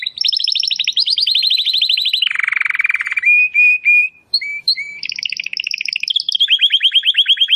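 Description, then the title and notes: Domestic canary song with fast high trills dropping to a lower buzzy roll, then short whistles, another high trill and a closing run of rapid notes. Belgian canary singing; Portuguese title calls the song style campainha (bell). "Canário Belga Campainha Canary Singing. Canario Belga Cantando"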